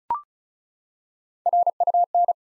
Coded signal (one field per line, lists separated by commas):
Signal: Morse code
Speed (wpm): 36 wpm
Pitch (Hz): 700 Hz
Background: none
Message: RUN